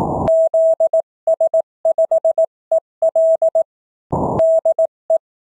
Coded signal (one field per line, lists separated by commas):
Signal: Morse code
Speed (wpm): 18 wpm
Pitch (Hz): 650 Hz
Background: none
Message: ZS5EL DE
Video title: CW Morse Code QSO's 02 May 2020 - Real QSO's